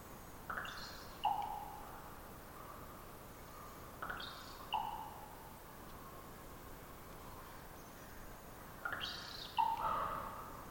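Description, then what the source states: Common raven repeating a trilling twitter that ends in a resonant pop, three times, with steady background noise. Raven perched about 50 ft up, some distance away, giving its twittery-pop call: a long trilling twitter before the pop; recorded near an oyster hatchery across the bay.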